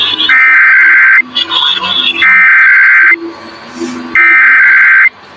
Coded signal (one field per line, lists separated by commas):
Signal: Emergency Alert System (SAME) tones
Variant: header bursts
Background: speech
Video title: EAS- Post Memorial Day Los Angeles County Required Monthly Test (RMT) KLOS, KFI, KNX, KBIG, KABC AM